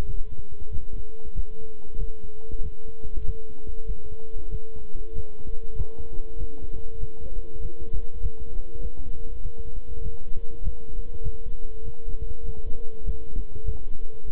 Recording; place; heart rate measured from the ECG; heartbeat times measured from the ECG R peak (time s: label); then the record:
heart sounds by stethoscope; between the tricuspid and mitral areas; 97 bpm
0.04 s: heartbeat
0.69 s: heartbeat
1.33 s: heartbeat
1.96 s: heartbeat
2.61 s: heartbeat
3.23 s: heartbeat
3.85 s: heartbeat
4.49 s: heartbeat
5.13 s: heartbeat
5.75 s: heartbeat
6.36 s: heartbeat
6.98 s: heartbeat
7.59 s: heartbeat
8.19 s: heartbeat
8.79 s: heartbeat
9.40 s: heartbeat
10.01 s: heartbeat
10.61 s: heartbeat
11.21 s: heartbeat
11.82 s: heartbeat
12.43 s: heartbeat
13.03 s: heartbeat
13.64 s: heartbeat
14.25 s: heartbeat
From the record:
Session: walking at 3.7 km/h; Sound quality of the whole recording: good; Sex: male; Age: 26 years